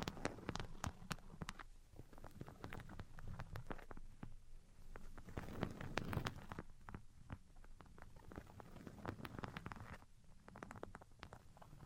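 Irregular tapping and scratching sounds, sharp clicks and brief rasps crowding densely throughout, over a soft low rumble with a busier stretch near six seconds.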